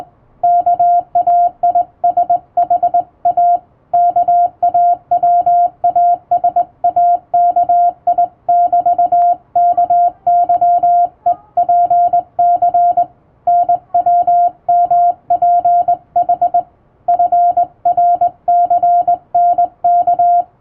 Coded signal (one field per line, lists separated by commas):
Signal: Morse code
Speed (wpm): 21 wpm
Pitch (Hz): 700 Hz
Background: music, radio noise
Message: KAISHA KAWASAKI<BT>KYEPC NWMPH FRCNK